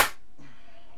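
During re-assembly of a leaky shower, a bevelled, probably plastic, trim or wall piece that should have gone in earlier is being handled into the shower surround, its bevel letting it be snapped in late. A brief loud broadband burst opens the clip and fades within about 0.1 s, followed by low steady noise with a faint tone. Nothing has seated or clicked yet.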